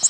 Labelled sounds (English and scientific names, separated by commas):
Nashville Warbler (Leiothlypis ruficapilla) flight call